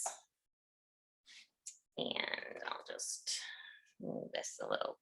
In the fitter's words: and then i'm going to make sure it clicks